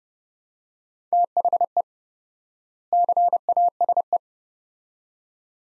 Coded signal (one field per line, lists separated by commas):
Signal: Morse code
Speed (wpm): 30 wpm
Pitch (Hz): 700 Hz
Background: none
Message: THE CASE